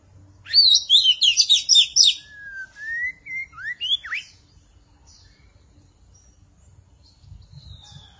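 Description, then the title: Magpie-robin or shama song: a quick burst of high jumbled twittering, then a few slurred rising whistles, fading into quiet with soft scattered notes. "Suara Burung Murai"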